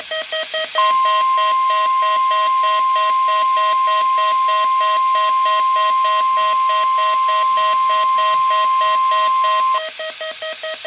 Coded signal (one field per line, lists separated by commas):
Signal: Emergency Alert System (SAME) tones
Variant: 1050 Hz attention tone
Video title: Number 15! Required Weekly Test Over KHB41 on 6/5/2023 (EAS Alert #15)